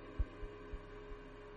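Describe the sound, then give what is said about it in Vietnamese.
A pounding heartbeat: four deep, muffled low thumps in quick succession, the first strongest, over a steady low hum with no voices. “Cô Lan bấy giờ tim đập bành bạch, như muốn tắt thở mà chết.”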